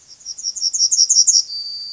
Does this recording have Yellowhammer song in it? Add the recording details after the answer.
yes. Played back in grassland. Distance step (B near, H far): B. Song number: 028